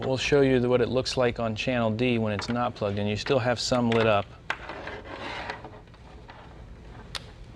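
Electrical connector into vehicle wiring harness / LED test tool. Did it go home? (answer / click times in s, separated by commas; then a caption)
yes / 7.2 s. An electrical connector on a vehicle wiring harness or test lead, used with an LED test tool, is plugged in and latches. Someone talks for the first four seconds, then faint handling and rubbing noises follow, and a sharp click at 7.2 s marks the connector seating. More LEDs light up on the tester.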